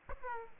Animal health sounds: mosquito wingbeat signal from an infrared sensor; Aedes aegypti

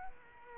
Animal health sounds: mosquito wingbeat signal from an infrared sensor; Culex quinquefasciatus

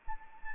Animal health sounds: mosquito wingbeat signal from an infrared sensor; Anopheles arabiensis

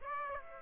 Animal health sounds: mosquito wingbeat signal from an infrared sensor; Aedes aegypti

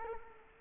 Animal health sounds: mosquito wingbeat signal from an infrared sensor; Culex quinquefasciatus

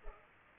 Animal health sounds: mosquito wingbeat signal from an infrared sensor; Culex pipiens

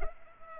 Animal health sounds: mosquito wingbeat signal from an infrared sensor; Culex pipiens

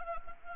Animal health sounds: mosquito wingbeat signal from an infrared sensor; Anopheles gambiae

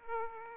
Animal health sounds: mosquito wingbeat signal from an infrared sensor; Aedes aegypti

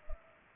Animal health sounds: mosquito wingbeat signal from an infrared sensor; Culex pipiens

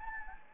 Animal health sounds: mosquito wingbeat signal from an infrared sensor; Anopheles gambiae

